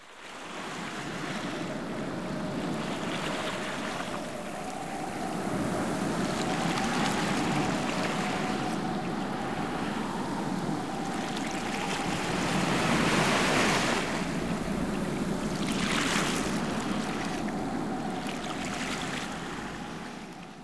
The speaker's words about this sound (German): Alle stehen am Strand und sehen auf das Meer hinaus. Es ist schon fast dunkel. Sie sehen kein Surfbrett, nur viele Wellen.